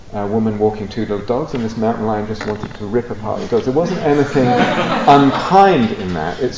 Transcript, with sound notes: a woman walking two little dogs, and this mountain lion just wanted to rip apart the dogs. [laughter] There wasn't anything unkind in that.